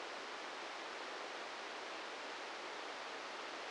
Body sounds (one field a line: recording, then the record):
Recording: brain microelectrode recording played as sound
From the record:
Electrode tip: outside the subthalamic nucleus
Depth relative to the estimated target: 1 mm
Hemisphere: left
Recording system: NeuroSet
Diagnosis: Parkinson's disease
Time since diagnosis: 13 years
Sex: male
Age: 66 years